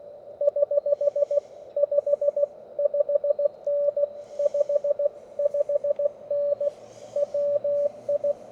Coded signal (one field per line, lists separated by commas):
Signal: Morse code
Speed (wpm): 17 wpm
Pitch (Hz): 580 Hz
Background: radio noise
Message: <HH> 55N 55N WI